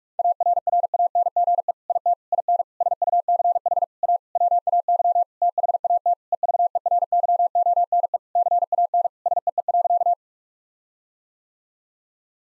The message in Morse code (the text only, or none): ARRANGE IT IN SUCH A WAY THAT EVERYONE CAN SEE.